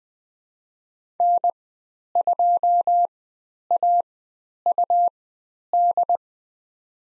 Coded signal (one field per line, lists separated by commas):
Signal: Morse code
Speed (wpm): 20 wpm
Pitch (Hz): 700 Hz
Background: none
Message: N2AUD